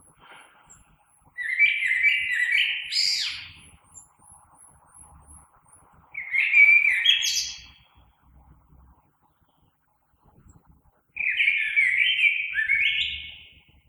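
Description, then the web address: Common blackbird giving three rich warbled phrases separated by pauses, the first two ending in a high squeak. Recorded 3 March 2020. "oiseaux Merle 2020 03 03"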